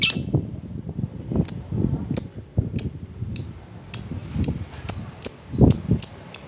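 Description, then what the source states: Lovebird calls: sharp high chips that start spaced and speed up to a rapid regular series, over low rumbling background noise. Calling a rival.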